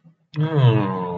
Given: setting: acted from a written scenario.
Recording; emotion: vocal sound without words; sympathy